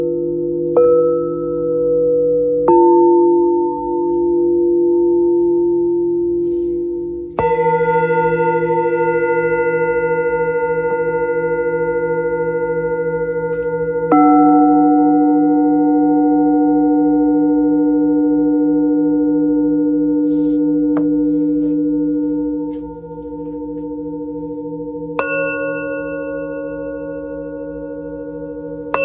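Singing bowls are struck one after another, near 1, 3, 7, 14 and 25 seconds, each bright strike opening into a long, steady ringing tone that layers over the last. The sustained hum stays full throughout, with low, gentle pulsing beneath the tones.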